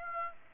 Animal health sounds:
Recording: mosquito wingbeat signal from an infrared sensor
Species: Aedes aegypti

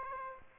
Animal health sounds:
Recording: mosquito wingbeat signal from an infrared sensor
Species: Aedes aegypti

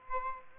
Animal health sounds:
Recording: mosquito wingbeat signal from an infrared sensor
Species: Aedes albopictus

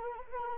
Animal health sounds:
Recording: mosquito wingbeat signal from an infrared sensor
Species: Anopheles arabiensis

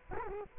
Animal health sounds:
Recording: mosquito wingbeat signal from an infrared sensor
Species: Culex quinquefasciatus

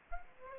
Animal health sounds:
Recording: mosquito wingbeat signal from an infrared sensor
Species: Aedes aegypti

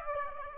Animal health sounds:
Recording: mosquito wingbeat signal from an infrared sensor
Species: Aedes aegypti

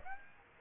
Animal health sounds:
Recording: mosquito wingbeat signal from an infrared sensor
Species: Aedes aegypti

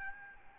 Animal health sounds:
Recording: mosquito wingbeat signal from an infrared sensor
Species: Aedes albopictus

